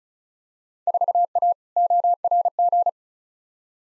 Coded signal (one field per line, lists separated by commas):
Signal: Morse code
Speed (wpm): 36 wpm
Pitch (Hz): 700 Hz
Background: none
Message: 4A ORG